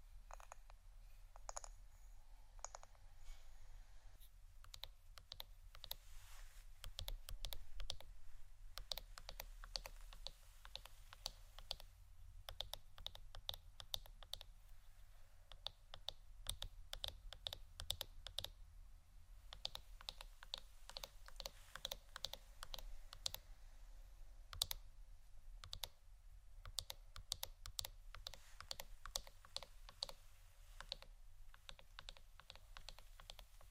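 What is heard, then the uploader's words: Quick, irregular tapping clicks, like fingertips on a hard surface, come in dense bursts over a steady low hum. ASMR Pure Tapping （No Talking）.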